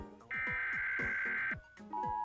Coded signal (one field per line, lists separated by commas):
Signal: Emergency Alert System (SAME) tones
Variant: header bursts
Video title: EAS Alarm DNB / Zerolav Zample Flip #2